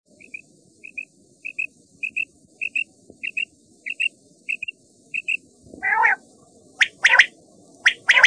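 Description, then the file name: Common quail calls: short high paired notes repeated in a steady series for about five seconds, then several harsh, noisy bursts. "QUAGLIA"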